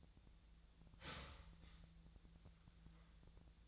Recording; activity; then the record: daily activity, microphone in the room; start toaster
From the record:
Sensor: 3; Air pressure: 1009.4 hPa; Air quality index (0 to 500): 198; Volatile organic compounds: 16 ppm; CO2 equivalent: 2562 ppm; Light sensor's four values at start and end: 32/81/34/37 and 32/81/34/37